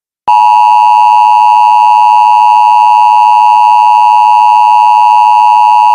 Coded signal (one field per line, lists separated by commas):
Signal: Emergency Alert System (SAME) tones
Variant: 853 and 960 Hz attention tone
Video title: An Eas scenario countryballs attack